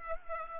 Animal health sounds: mosquito wingbeat signal from an infrared sensor; Culex pipiens

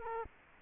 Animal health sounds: mosquito wingbeat signal from an infrared sensor; Culex quinquefasciatus

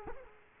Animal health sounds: mosquito wingbeat signal from an infrared sensor; Culex quinquefasciatus

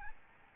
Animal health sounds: mosquito wingbeat signal from an infrared sensor; Aedes albopictus

